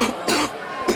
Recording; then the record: coughing mixed with background sound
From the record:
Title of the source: 61 morning phlegmy cough...again